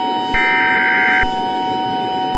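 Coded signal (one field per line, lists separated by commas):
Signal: Emergency Alert System (SAME) tones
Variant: header bursts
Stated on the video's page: Fictional EAS scenario of a Christmas Day super tornado outbreak.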